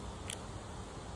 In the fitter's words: push the button and pull this down until it clicks